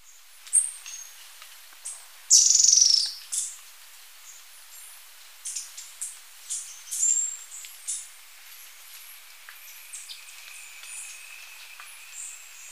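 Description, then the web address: Cinnamon flycatcher giving a loud, dry, buzzy burst that slides downward, among scattered high chips and short twittering notes. Recorded in Ecuador. "Birds of Ecuador. Cinnamon Flycatcher"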